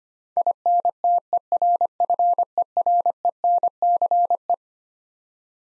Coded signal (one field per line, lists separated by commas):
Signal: Morse code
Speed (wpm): 25 wpm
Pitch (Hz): 700 Hz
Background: none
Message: INTERFERENCE